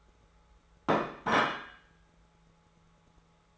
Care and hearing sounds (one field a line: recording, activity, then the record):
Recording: daily activity, microphone in the room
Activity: place plate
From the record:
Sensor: 3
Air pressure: 1015.0 hPa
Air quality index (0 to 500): 208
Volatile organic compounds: 34 ppm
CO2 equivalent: 3036 ppm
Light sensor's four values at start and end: 29/71/30/33 and 34/82/35/38